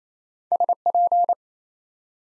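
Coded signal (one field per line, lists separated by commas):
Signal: Morse code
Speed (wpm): 28 wpm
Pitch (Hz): 700 Hz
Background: none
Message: SP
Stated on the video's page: Morse code practice at 28 wpm, building 5-letter words one letter at a time.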